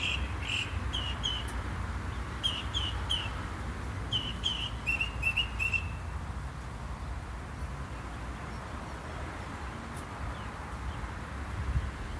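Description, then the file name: Bird calls: short whistled notes repeated in quick bursts during the first six seconds, over a low city drone. Birds heard with city ambience. "Birds And City Ambience"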